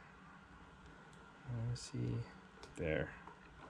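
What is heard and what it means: An RC battery plug is being handled and lined up with the ESC power connector, but nothing has seated or clicked yet. Someone talks briefly, with low background hiss and faint small handling sounds in between.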